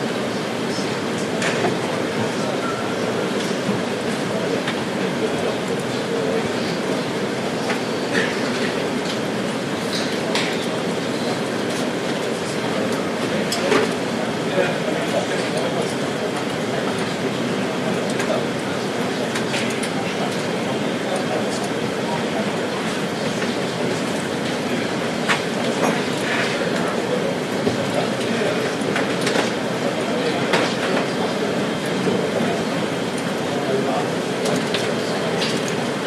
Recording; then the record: background sound without coughing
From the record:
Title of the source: Office Sounds Ambience - Background Noise for Study and Work